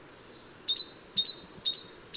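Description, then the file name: Great tit giving a rapid series of high, thin notes, paired and repeated several times in about two seconds. "Parus major"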